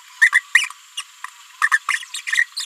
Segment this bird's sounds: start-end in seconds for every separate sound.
0.21-0.30, 0.55-0.66, 0.97-1.01, 1.61-1.68, 1.71-1.79, 2.14-2.21, 2.27-2.43, 2.56-2.65